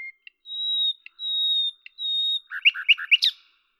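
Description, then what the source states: Common nightingale song: three long drawn-out pure whistles, followed by a quick series of rich notes. Lavours, France, 10 May 1998; recorded with a Tascam DAP-1 and a Télingua microphone, edited in Samplitude 5.1.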